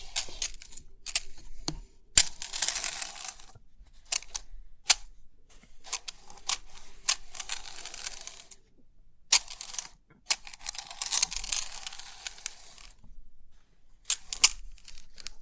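Crisp tingles from a 3D pin art toy, with bursts of bright metallic clicking and rustling, sharp taps between, and brief silent gaps.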